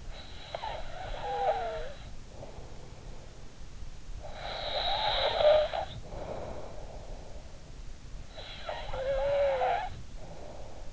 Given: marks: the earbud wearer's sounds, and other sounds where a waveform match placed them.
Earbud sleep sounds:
sounds in sleep by an in-ear microphone; snoring breath
0.00-3.28 s: snoring breath
4.37-7.34 s: snoring breath
8.29-10.93 s: snoring breath

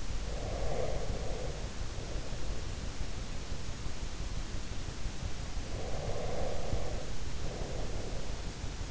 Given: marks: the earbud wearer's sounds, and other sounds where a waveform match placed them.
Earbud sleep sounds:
sounds in sleep by an in-ear microphone; breath
0.15-3.53 s: breath
5.62-8.91 s: breath

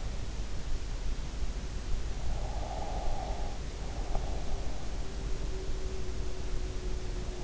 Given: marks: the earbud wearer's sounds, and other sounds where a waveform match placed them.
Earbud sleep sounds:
sounds in sleep by an in-ear microphone; breath
2.48-3.71 s: breath
5.17-7.44 s: sound from someone else or the room

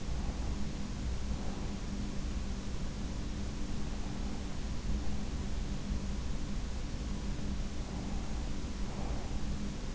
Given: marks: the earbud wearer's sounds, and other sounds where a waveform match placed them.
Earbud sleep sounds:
sounds in sleep by an in-ear microphone; breath
0.00-1.88 s: breath
7.42-9.54 s: breath

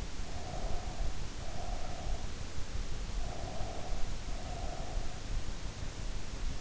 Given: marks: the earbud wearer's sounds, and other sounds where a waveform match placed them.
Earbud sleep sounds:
sounds in sleep by an in-ear microphone; breath
0.08-2.38 s: breath
3.05-5.29 s: breath

